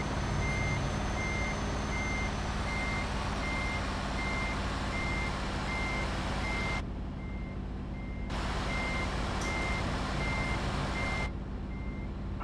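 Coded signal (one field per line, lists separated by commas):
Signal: none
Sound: truck reversing beeps in game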